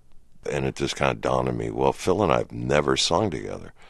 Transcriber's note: none